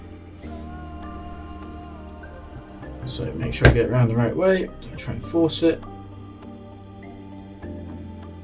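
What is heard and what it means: A small wire connector is being lined up with its mating socket in a JSJ/Saberbay Survivor Gen 2 crossguard saber hilt, turned to the right orientation rather than forced. Someone talks over steady background music, with a few faint handling sounds. Nothing has seated or clicked yet.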